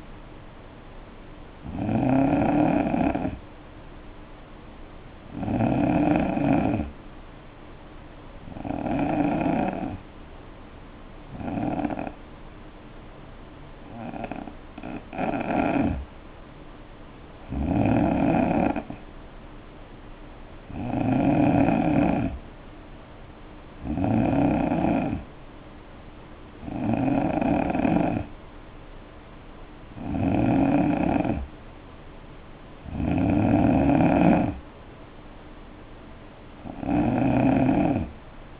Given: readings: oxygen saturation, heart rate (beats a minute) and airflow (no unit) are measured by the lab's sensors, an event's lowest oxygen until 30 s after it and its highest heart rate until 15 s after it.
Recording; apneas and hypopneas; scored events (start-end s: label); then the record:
breathing in sleep by a voice recorder at the bedside; none
none scored
From the record:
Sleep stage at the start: N3 (deep sleep); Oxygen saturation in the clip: 87 to 90%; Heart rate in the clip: 60 to 69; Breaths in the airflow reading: 12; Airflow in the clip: -6.5 to 4.8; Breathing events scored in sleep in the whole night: 520 in 7.2 hours asleep